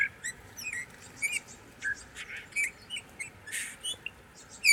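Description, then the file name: Eurasian bullfinch calls: short soft whistles near the same pitch, scattered throughout. "Pyrrhula pyrrhula"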